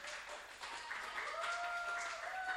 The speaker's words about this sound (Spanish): Así que un aplauso para ustedes. Muchas gracias.